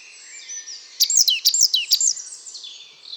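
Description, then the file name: Great tit call: a quick run of several sharp, high, downward notes in one burst, with other birds whistling and twittering behind. "Parus major"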